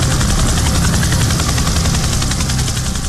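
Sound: helicopter flying overhead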